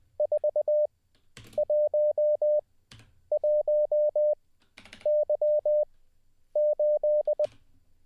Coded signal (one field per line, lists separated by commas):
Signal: Morse code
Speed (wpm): 20 wpm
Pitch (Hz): 600 Hz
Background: none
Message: 411Y8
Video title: How To Learn Morse Code LIVE with N0SSC (Day 21)